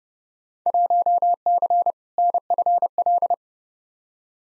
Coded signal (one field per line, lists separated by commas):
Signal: Morse code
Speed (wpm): 30 wpm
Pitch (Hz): 700 Hz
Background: none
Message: 1C NFL